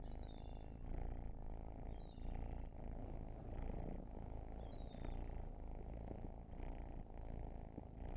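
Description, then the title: Cat purr, a deep continuous rumble swelling and easing with each breath, while a few thin high chirps sound in the background. Long purring session. "Field Recs Purrathon RAW"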